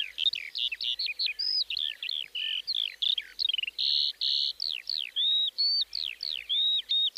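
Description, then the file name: Eurasian skylark song, a fast, continuous flow of high twittering notes with short buzzy bursts and clear slurred whistles, barely pausing. "mezeipacsirta"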